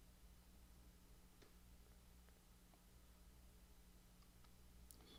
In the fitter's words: Push it down until you hear a click